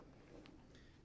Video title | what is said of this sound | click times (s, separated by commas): Replace the lenses - Nova 3 - RPB Safety | the latch shut | 0.5 s